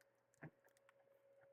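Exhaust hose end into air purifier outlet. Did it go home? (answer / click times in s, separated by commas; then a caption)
yes / 0.4 s. A plastic exhaust hose end with internal ridges is rotated onto the outlet of a LaserPecker desktop smoke air purifier (fume extractor) for LP4 and LP5 until it twist-locks in place. A single short click is heard at 0.4 s against a faint steady hum. The hose is seated and locked.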